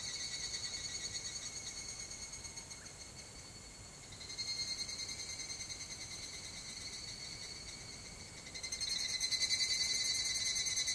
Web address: kanakana higurashi